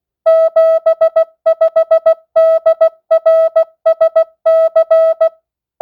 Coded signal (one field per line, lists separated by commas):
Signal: Morse code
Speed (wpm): 16 wpm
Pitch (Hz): 650 Hz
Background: music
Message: 75DRSC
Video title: Receive Morse Code 10th Grade.